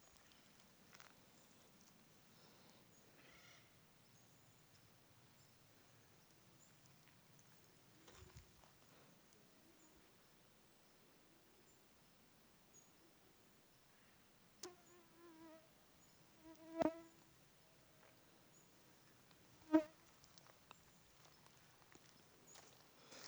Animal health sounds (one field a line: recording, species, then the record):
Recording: mosquito flight sound by mobile phone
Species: Aedes sierrensis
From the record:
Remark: several mosquitoes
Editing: field recording with all noises